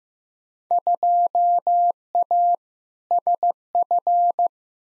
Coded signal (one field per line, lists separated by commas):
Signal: Morse code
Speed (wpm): 15 wpm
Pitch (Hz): 700 Hz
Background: none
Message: 2A SF